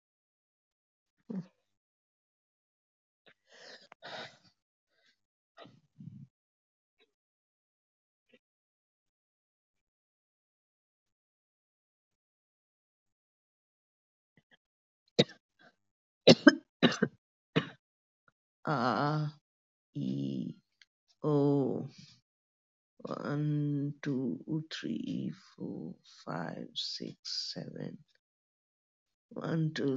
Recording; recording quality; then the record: shallow breathing; poor, much background noise or distortion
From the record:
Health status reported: COVID-19 positive, moderate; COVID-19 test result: positive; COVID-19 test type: RT-PCR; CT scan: not taken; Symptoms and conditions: cough, cold, sore throat, fever, fatigue, muscle pain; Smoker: no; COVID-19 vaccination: both doses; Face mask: worn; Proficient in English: yes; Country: India